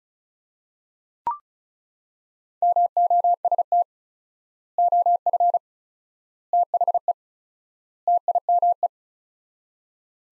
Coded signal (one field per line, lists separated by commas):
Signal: Morse code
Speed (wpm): 36 wpm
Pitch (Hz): 700 Hz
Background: none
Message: MOST OF THE TIME